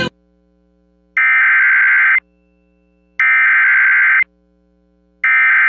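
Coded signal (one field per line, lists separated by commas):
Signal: Emergency Alert System (SAME) tones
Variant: header bursts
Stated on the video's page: Compilation of Oklahoma alerts, the maker's own personal captures.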